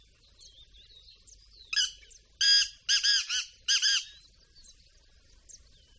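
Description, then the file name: Black francolin calling, a scratchy creaking series of four or five harsh notes bunched in the middle, with faint chirps from other birds before and after. "audio hero Bird Black Francolin"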